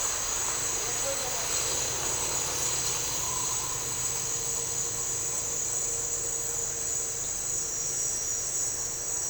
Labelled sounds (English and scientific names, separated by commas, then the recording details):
none
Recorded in dense forest near Puerto Asís, Putumayo, Colombia, on 4 March 2025 at 17:00
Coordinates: 0.467, -76.328
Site G041